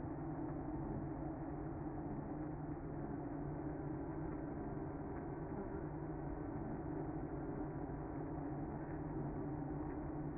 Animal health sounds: honeybee colony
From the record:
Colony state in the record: active

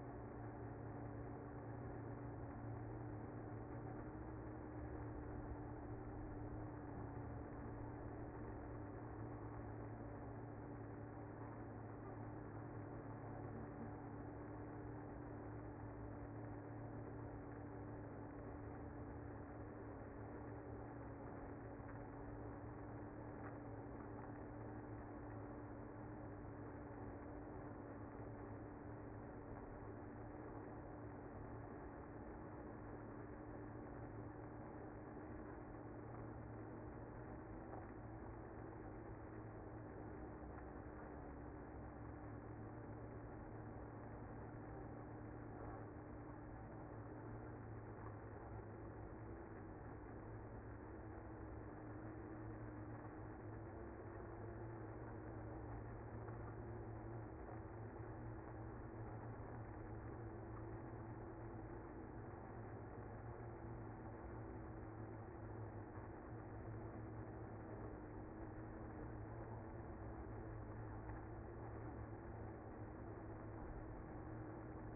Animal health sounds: honeybee colony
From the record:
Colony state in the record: active

